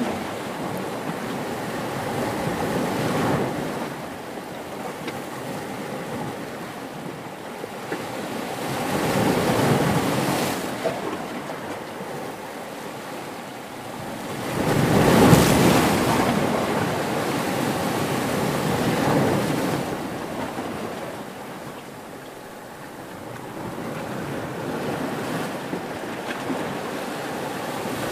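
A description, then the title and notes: Ocean waves wash over a pebble beach in slow, repeating surges, each swelling and fading over several seconds, with the strongest around the fifteen-second mark. A constant hiss of surf fills the gaps between waves, and a wind-like rumble runs underneath throughout. Pebbles By The Beach Ambience. Relaxing Ocean Wave Sounds.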